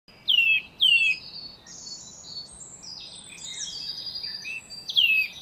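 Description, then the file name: Eurasian nuthatch giving three clear, downslurred whistled calls, two in quick succession then one after a pause, over a background of softer chirping from other birds. "Sitta europaea"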